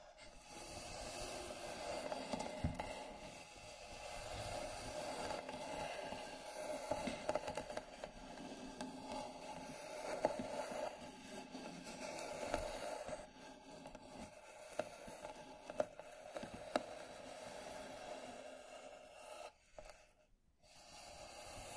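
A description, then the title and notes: A slow scratching and tracing across a wooden box, a continuous dry rasp that swells and eases as the strokes move. The sound stays woody, with small clicks and catches scattered through it, and a brief pause near the twenty-second mark. Wooden Box Slow Scratching and Tracing (NO TALKING).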